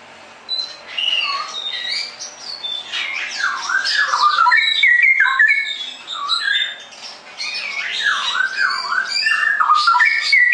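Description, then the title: Straw-headed bulbul song of fluid, swooping whistled phrases that dip and rise, poured out nearly continuously. Caged-bird song-tutoring recording; Indonesian local name cucak rowo; song style described as ropel gacor, rapid continuous singing. "mster Mnuk. Masteran Burung CUCAK ROWO Kualitas Jernih. Cucak Rowo Ropel Gacor"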